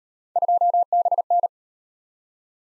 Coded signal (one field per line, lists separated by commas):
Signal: Morse code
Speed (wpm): 39 wpm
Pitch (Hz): 700 Hz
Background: none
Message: 2BN